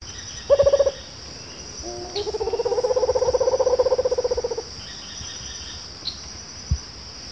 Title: LuckyPassaro Completos2Sama. Rufous-capped Motmot (Baryphthengus ruficapillus)